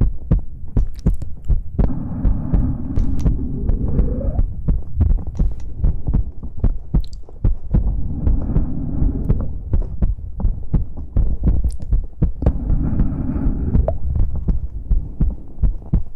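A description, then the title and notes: Wet mouth sounds: dense clicks and smacks crowd the whole clip, over a low, thumping undertone. Three longer stretches of soft, muffled rustling swell in around 2–4, 8–10 and 12.5–14 seconds, the first one rising in pitch near its end. ASMR mouth sounds.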